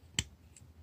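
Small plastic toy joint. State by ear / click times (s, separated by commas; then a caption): seated / 0.2 s. The front section of a plastic Transformers Robots in Disguise Combiner Force Bisk transforming robot toy is rotated up until it locks into position. A short, soft click is heard at 0.2 s as it clicks into place, followed by a much fainter tick at 0.6 s. The section is seated.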